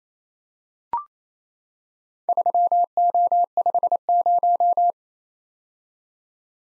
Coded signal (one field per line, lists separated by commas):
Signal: Morse code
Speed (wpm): 27 wpm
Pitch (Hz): 700 Hz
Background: none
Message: 3O50